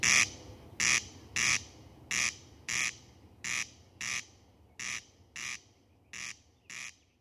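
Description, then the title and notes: Corn crake giving its harsh grating crex call, a regular series of many rasping bursts, slowly fading in loudness against a quiet background. Males call in fields once hay or sprouting grain has grown tall enough. "Viikon luontoääni. Ruisrääkkä. Esittelijänä Juha Laaksonen"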